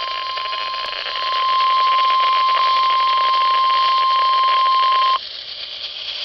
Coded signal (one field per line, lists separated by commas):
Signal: Emergency Alert System (SAME) tones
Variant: 1050 Hz attention tone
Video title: NOAA Weather Radio - EAS #42: Severe Thunderstorm Watch #699 (7/29/2011)